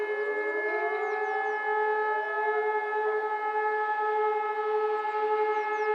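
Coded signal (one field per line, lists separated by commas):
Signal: siren signal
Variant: German Feueralarm, E57 siren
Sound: siren winding up in pitch, then a steady loud wailing tone with echoing overlap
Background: outdoor ambience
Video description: Monatlicher Probealarm der Feuerwehrsirenen in Bornheim am 26. Februar 2022 um 11 Uhr mit dem Signal "Feueralarm".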